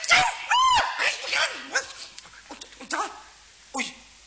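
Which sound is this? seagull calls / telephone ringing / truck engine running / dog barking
dog barking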